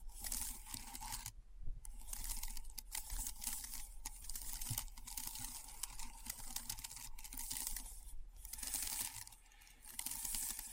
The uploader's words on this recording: ASMR Keyboard Sounds (No Talking).